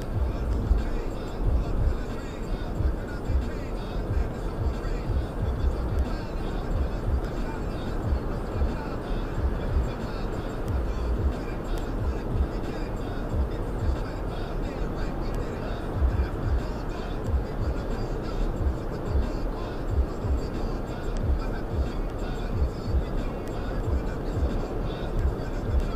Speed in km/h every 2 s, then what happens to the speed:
93, 92, 92, 92, 92, 93, 93, 93, 93, 93, 93, 95, 93.
0-26 steady at about 93.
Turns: none.